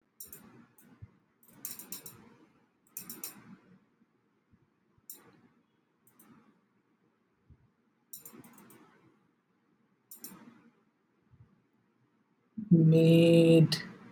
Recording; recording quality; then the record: sustained vowel as in made; moderate, slight background noise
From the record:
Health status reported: healthy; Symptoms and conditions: chronic lung disease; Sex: male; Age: 26 years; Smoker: not ticked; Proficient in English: yes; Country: India